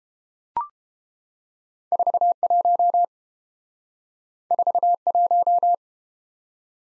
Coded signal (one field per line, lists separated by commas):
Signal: Morse code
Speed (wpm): 30 wpm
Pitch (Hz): 700 Hz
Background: none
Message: 41 41